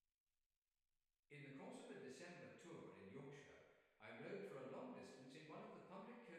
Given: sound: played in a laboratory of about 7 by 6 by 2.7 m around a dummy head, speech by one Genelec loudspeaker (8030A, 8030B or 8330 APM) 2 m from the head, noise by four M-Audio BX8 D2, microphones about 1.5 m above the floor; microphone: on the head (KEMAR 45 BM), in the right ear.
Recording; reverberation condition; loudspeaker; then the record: male speech in English; high; 90 degrees to the left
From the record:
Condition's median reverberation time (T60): about 1300 ms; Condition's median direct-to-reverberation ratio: about -4.0 dB